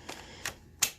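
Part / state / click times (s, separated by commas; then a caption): battery pack into cordless stick vacuum / seated / 0.8 s. A plastic battery pack is pushed back into its slot on a Hoover Linx Cordless (BH50010) stick vacuum while the base is held down underfoot. Two softer knocks at about 0.1 s and 0.5 s lead up to a loud, sharp click at 0.8 s as the battery pack latches and seats in place.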